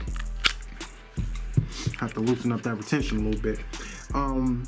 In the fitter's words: So when you drop it in there, it's locked in. That's your audible click,